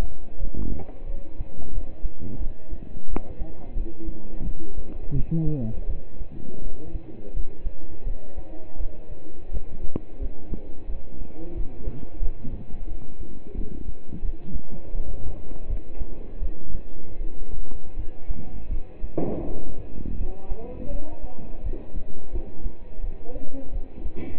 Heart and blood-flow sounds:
heart sounds by stethoscope; between the tricuspid and mitral areas; 85 bpm
0.40 s: heartbeat
1.08 s: heartbeat
1.74 s: heartbeat
2.41 s: heartbeat
3.10 s: heartbeat
3.77 s: heartbeat
4.46 s: heartbeat
5.16 s: heartbeat
5.89 s: heartbeat
6.63 s: heartbeat
7.36 s: heartbeat
8.07 s: heartbeat
8.80 s: heartbeat
9.53 s: heartbeat
10.21 s: heartbeat
10.89 s: heartbeat
11.56 s: heartbeat
12.22 s: heartbeat
12.88 s: heartbeat
13.57 s: heartbeat
14.24 s: heartbeat
14.94 s: heartbeat
15.69 s: heartbeat
16.42 s: heartbeat
17.21 s: heartbeat
17.98 s: heartbeat
18.71 s: heartbeat
19.47 s: heartbeat
20.20 s: heartbeat
20.92 s: heartbeat
21.65 s: heartbeat
22.34 s: heartbeat
23.04 s: heartbeat
23.74 s: heartbeat
From the record:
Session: pedaling a stationary bicycle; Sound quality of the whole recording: partially saturated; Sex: male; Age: 27 years

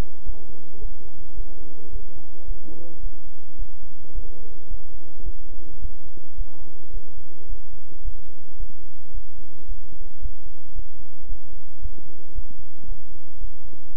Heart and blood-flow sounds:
heart sounds by stethoscope; between the tricuspid and mitral areas; 110 bpm
0.24 s: heartbeat
0.79 s: heartbeat
1.35 s: heartbeat
1.90 s: heartbeat
2.46 s: heartbeat
3.01 s: heartbeat
3.57 s: heartbeat
4.13 s: heartbeat
4.68 s: heartbeat
5.24 s: heartbeat
5.80 s: heartbeat
6.36 s: heartbeat
6.91 s: heartbeat
7.47 s: heartbeat
8.02 s: heartbeat
8.57 s: heartbeat
9.12 s: heartbeat
9.66 s: heartbeat
10.20 s: heartbeat
10.74 s: heartbeat
11.27 s: heartbeat
11.80 s: heartbeat
12.33 s: heartbeat
12.86 s: heartbeat
13.39 s: heartbeat
13.92 s: heartbeat
From the record:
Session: bicycle stress test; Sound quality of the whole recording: good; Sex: male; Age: 26 years

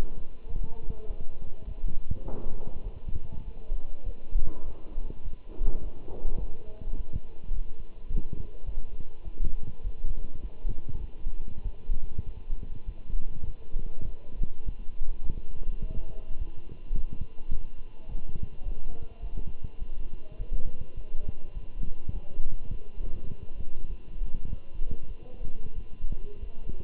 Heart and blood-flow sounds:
heart sounds by stethoscope; between the tricuspid and mitral areas; 102 bpm
0.49 s: heartbeat
1.07 s: heartbeat
1.66 s: heartbeat
2.25 s: heartbeat
2.84 s: heartbeat
3.45 s: heartbeat
4.05 s: heartbeat
4.65 s: heartbeat
5.24 s: heartbeat
5.83 s: heartbeat
6.40 s: heartbeat
6.96 s: heartbeat
7.53 s: heartbeat
8.09 s: heartbeat
8.66 s: heartbeat
9.24 s: heartbeat
9.83 s: heartbeat
10.42 s: heartbeat
11.01 s: heartbeat
11.64 s: heartbeat
12.26 s: heartbeat
12.86 s: heartbeat
13.46 s: heartbeat
14.06 s: heartbeat
14.65 s: heartbeat
15.24 s: heartbeat
15.81 s: heartbeat
16.39 s: heartbeat
16.95 s: heartbeat
17.52 s: heartbeat
18.08 s: heartbeat
18.65 s: heartbeat
19.21 s: heartbeat
19.79 s: heartbeat
20.38 s: heartbeat
20.96 s: heartbeat
21.54 s: heartbeat
22.12 s: heartbeat
22.70 s: heartbeat
23.29 s: heartbeat
23.88 s: heartbeat
24.48 s: heartbeat
25.08 s: heartbeat
25.75 s: heartbeat
26.41 s: heartbeat
From the record:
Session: walking at 3.7 km/h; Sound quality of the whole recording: good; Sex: male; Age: 24 years

